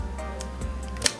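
A magnetic cap is put back onto a perfume bottle and clicks into place with a sharp snap at 1.1 s, the loudest moment of the clip. A steady low hum runs underneath, with a fainter tick at 0.4 s, and the cap ends up seated.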